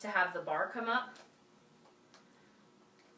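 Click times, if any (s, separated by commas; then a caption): none. Someone talks while twisting the paracord tied between the two poles of a service dog mobility harness to raise its rigid brace bar. After the talking stops there is quiet handling with a faint tick near 2.1 s. The bar has not locked into place yet, so nothing has seated or clicked.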